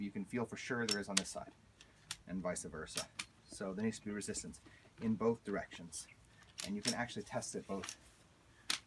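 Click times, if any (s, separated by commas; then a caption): 8.7 s. Someone talks while moving the handlebar/frame adjustment lock of a used Bugaboo Cameleon 3 stroller front and back to test that it locks. A single sharp plastic click at 8.7 s marks the lock clicking into place in its locked position.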